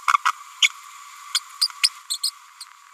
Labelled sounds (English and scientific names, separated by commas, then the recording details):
Green-rumped Parrotlet (Forpus passerinus) babbling
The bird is a female
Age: 30 days
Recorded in a nest box in Venezuela
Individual 17B102A6